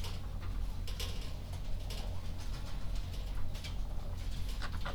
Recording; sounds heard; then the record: poultry house recording; sick chickens (respiratory disease)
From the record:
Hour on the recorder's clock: 21